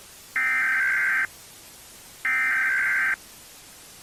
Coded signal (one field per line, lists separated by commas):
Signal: Emergency Alert System (SAME) tones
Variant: header bursts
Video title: EAS I.B.I.C